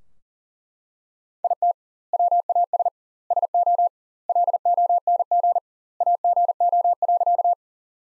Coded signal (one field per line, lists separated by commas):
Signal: Morse code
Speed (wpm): 40 wpm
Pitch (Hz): 700 Hz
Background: none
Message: IT WAS SO LONG AGO.